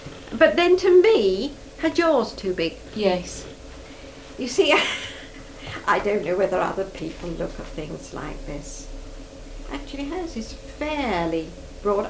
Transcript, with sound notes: But then, to me, her jaw's too big.
Yes.
You see, [laughs] I don't know whether other people look at things like this. Actually hers is fairly broad.